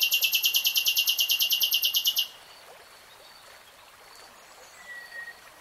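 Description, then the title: Nightingale song: a fast, loud run of many identical repeated notes for about two seconds, then quiet with a few faint whistled notes. Real-time recording, not slowed. "[Tiếng chim hót] Nightingale Singing"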